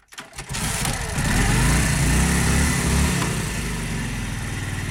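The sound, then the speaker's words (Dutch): A 1942 Harley-Davidson motorcycle engine, a restoration project, rumbles to life after a brief sputter as the rider arrives, settling into a loud, steady, low-pitched throbbing idle with a slightly uneven, chugging rhythm. “Hij is 46 en arriveert op een oude motor, een Harley Davidson uit 1942.”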